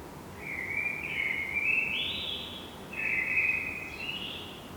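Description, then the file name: Blackbird song: two mellow warbling phrases, the first climbing higher, the second ending in thin high notes, with constant soft hiss behind. "Turdus merula"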